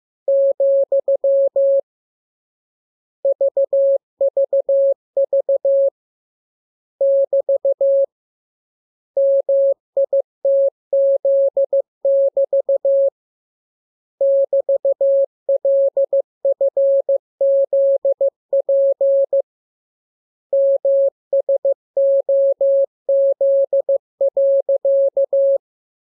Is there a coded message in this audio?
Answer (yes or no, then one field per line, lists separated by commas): yes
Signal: Morse code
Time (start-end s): 0.3-25.6 s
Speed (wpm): 15 wpm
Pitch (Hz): 550 Hz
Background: none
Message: , VVV <BT> MITZ<BT> <BT>LFZP MSOZ.